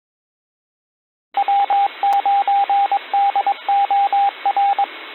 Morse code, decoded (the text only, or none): W9DOR